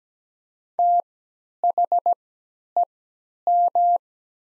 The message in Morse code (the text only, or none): THEM